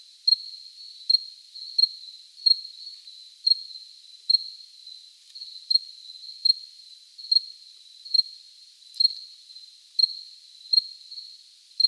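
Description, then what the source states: Cricket chirping over a high continuous trill, with accented pulses and a couple of faint clicks. Recorded close up.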